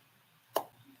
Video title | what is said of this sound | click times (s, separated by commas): LIVE 006 | snaps right in there. | 0.6 s